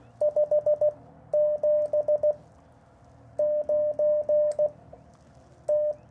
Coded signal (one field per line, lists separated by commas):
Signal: Morse code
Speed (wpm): 16 wpm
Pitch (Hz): 600 Hz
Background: none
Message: 579 T